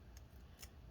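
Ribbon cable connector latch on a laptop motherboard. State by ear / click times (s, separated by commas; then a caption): seated / 0.6 s. On an HP Laptop 17-cp0013dx being reassembled, the small plastic locking latch of a flat ribbon-cable connector on the motherboard is pressed down over the cable. A faint tick comes at 0.2 s, then a sharper click at 0.6 s as the latch snaps down and is seated in place.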